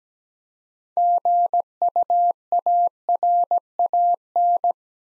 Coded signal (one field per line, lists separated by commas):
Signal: Morse code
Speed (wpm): 17 wpm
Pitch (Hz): 700 Hz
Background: none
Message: GUARAN